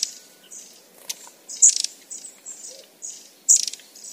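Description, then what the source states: Long-tailed tit calls: high, thin buzzy notes and sharp chips spaced irregularly over a quiet background. In Uchiurayama Prefectural Forest, Kamogawa, Chiba Prefecture, Japan.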